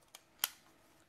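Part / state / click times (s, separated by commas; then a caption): gray plastic piece into game controller shell / seated / 0.4 s. A removable gray plastic piece of an Xbox 360 game controller is refitted into its locating slots in the controller shell. A faint tick at 0.1 s is followed by a sharp, bright plastic click at 0.4 s as the piece seats, and it fits exactly right.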